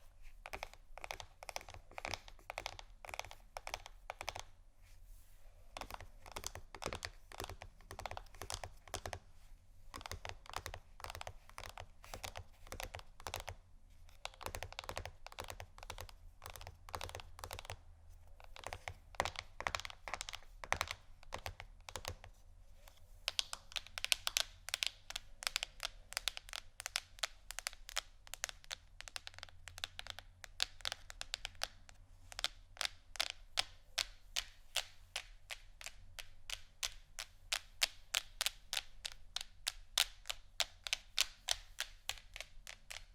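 Dense, fast tapping and scratching on canisters, with clicky strikes that grow quicker, sharper and more evenly spaced after about twenty-four seconds.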